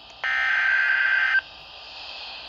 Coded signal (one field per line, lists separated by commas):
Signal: Emergency Alert System (SAME) tones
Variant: header bursts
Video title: OVERNIGHT HOURS... EAS Alerts from 9/8/21 (EAS# 782-783)